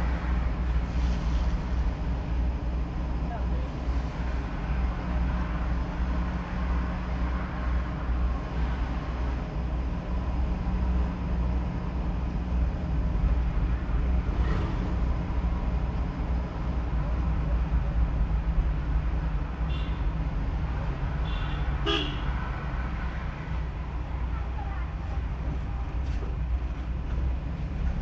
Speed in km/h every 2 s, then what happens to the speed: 24, 25, 25, 25, 25, 25, 25, 26, 25, 26, 25, 22, 21, 20.
0-20 steady at about 25.